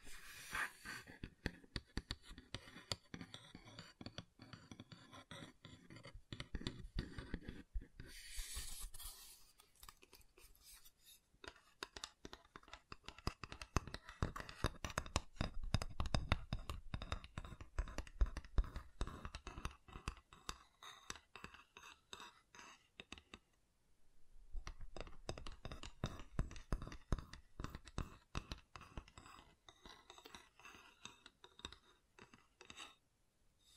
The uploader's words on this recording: ASMR Calming Wood Triggers for Sleep (No Talking).